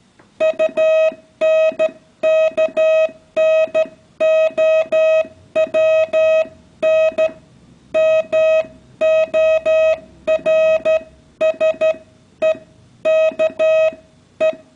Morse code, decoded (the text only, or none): UNKNOWN MORSE KE